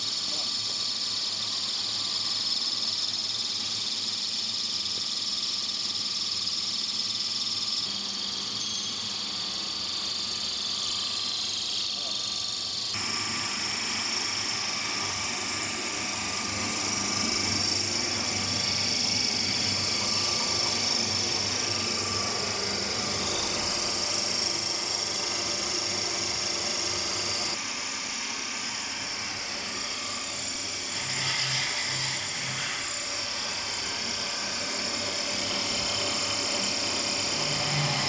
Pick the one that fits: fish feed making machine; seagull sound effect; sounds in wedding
fish feed making machine